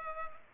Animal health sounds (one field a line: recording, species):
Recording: mosquito wingbeat signal from an infrared sensor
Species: Culex pipiens